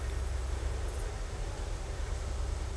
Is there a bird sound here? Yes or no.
no